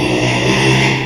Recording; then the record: squeal of a Yucatan mini pig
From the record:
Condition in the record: after surgery on the right vocal fold (resection and tissue-engineered implant); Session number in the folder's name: 1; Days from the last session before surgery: 6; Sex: male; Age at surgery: 12 weeks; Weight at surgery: 13 kg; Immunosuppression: cyclosporine, prednisolone